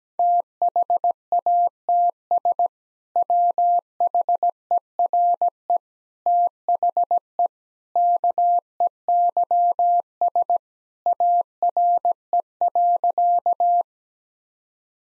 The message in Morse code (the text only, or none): THATS WHERE THE KEYS ARE.